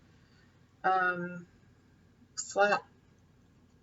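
The flat tongue of a metal necklace box clasp with two side locks is handled before being slid into its box, while someone talks in two short bursts. Nothing has seated or clicked yet; the clip ends before the tongue locks home.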